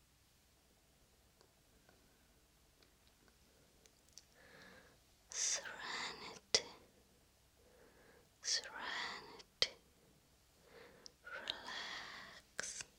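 Face massage and brushing, with soft brushing strokes in bursts around 5–7, 8.5–10 and 11–13 seconds, each a bright, airy sweep. Between them are quiet stretches with faint taps and sharp clicks, including one near 6.5 seconds and another near 9.6.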